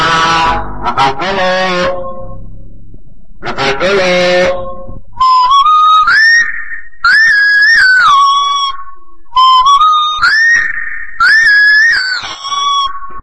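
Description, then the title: Common hill myna with harsh, nasal squawks first, then loud, clear whistled phrases rising in steps and dropping, repeated several times. "burung beo"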